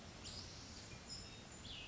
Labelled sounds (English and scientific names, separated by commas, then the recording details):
Cassin's Vireo (Vireo cassinii)
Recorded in Sonoma County, California